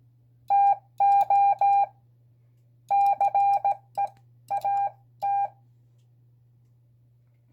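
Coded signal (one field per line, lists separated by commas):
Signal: Morse code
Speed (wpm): 15 wpm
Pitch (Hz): 800 Hz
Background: none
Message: TO CEAT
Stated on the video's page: VE Day message keyed on an iambic key by a beginner, imperfectly.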